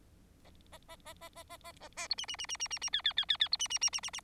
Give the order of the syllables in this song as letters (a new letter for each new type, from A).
A A A A A A A A A A B C C C C C C C D D D D D B C C C C C C